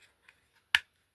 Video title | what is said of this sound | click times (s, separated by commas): Transformers G1 Shockwave | That will just click into place smoothly. | 0.7 s